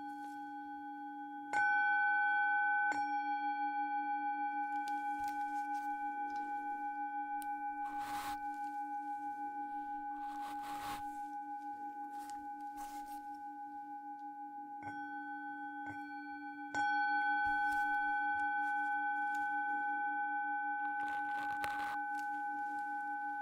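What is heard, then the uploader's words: A Tibetan bowl rings steadily throughout, its low hum and clear upper tones sustained, with fresh strikes near 1.5 and 17 seconds that swell the sound. Brief brushing and rustling sweeps come, notably around 8, 11 and 22 seconds. Focus Tibetan Singing Bowl and Ear Brushing. ASMR Sounds Binaural Triggers Relaxing caresses on your ears with different brushes, foam and burlap during the tinkling of a Tibetan Bowl.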